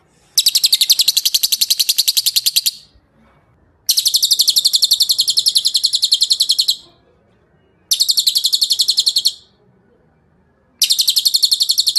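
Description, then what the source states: Bird trill: loud, high, rapidly pulsed rattles, each lasting one to three seconds, repeated with short silent gaps between them. Masteran sound used to train songbirds.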